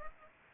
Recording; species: mosquito wingbeat signal from an infrared sensor; Culex pipiens